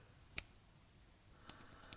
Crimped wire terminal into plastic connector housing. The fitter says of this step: should hear it snap or click,